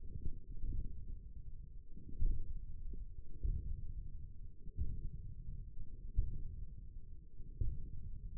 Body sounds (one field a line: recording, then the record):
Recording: forearm muscle sounds (acoustic myography)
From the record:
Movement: hand opening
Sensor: system 1, eight BSWA MPA416 microphones around the upper forearm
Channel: 2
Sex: male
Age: 28 years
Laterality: right